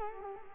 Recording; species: mosquito wingbeat signal from an infrared sensor; Culex quinquefasciatus